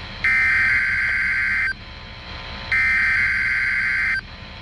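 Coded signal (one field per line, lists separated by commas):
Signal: Emergency Alert System (SAME) tones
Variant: header bursts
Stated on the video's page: Required weekly test alerts.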